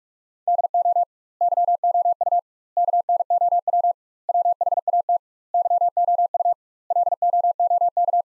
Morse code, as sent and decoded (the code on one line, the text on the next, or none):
-.. --- / -.-- --- ..- / -.- -. --- .-- / .-- .... .- - / -.-- --- ..- / .-.. --- --- -.-
DO YOU KNOW WHAT YOU LOOK